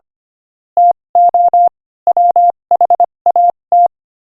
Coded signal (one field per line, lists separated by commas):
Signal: Morse code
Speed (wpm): 26 wpm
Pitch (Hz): 700 Hz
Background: none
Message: TO WHAT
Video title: Morse Code Practice: 25 wpm Inspirational Quote 6